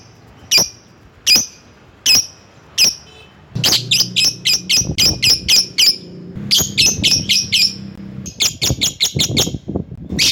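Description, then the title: Lovebird calls: sharp high shrieks, first four spaced under a second apart, then fast runs of shrill chips in three bursts, with low rumbling in the background. Lovebird calling a rival. "Lovebird Memanggil Lawan"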